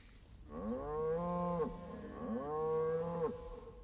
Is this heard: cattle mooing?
yes